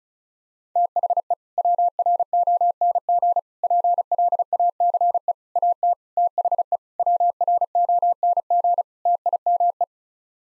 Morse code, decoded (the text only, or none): THE WRONG PLACE AT THE WRONG TIME